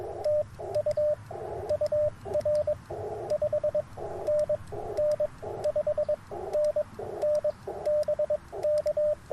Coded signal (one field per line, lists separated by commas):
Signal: Morse code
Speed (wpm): 22 wpm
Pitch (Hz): 590 Hz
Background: radio noise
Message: TU UR 5NN 5NN BK